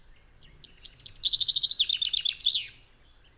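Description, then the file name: Common chaffinch song: a run of high notes dropping into a descending trill, ending in a short flourish. "Fringilla coelebs"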